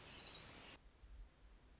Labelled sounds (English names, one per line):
Orange-crowned Warbler